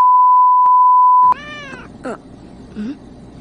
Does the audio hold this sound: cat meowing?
yes